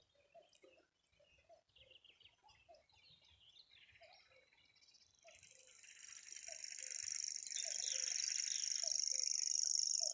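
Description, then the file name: Common grasshopper warbler reel starting midway and growing loud, a thin continuous high trill, with low repeated calls and scattered chirps throughout. "reti tucsokmadar hangja"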